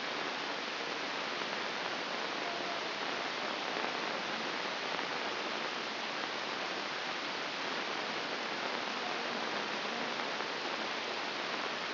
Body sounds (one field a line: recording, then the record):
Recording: brain microelectrode recording played as sound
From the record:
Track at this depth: inside the subthalamic nucleus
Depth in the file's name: 2.831 mm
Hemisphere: left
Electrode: 2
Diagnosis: Parkinson's disease